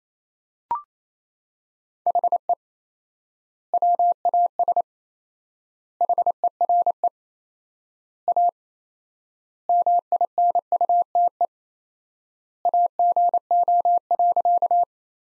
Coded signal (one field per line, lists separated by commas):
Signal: Morse code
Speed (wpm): 28 wpm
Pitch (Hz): 700 Hz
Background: none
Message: HE WAS HERE A MINUTE AGO.